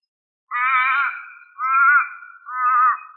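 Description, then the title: Australorp chicken with three wavering, harmonic drawn-out calls. "manok ostrali"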